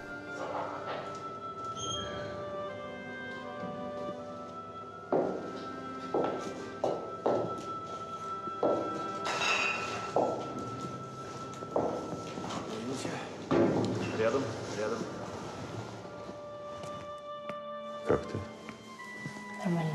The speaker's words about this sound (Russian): идет по коридору подъезда.